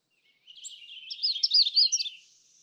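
Magnolia warbler song, high twittering slurred notes building in loudness over under two seconds, ending in a thin, faint trail.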